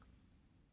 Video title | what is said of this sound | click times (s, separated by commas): Most Important EFILE TIPS You NEED To Know - AND Introducing Baby Bits | unlock put it in the unlocked you can hear it click | 0.0 s